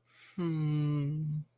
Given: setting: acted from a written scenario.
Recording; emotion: vocal sound without words; romantic love